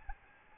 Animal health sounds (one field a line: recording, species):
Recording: mosquito wingbeat signal from an infrared sensor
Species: Aedes albopictus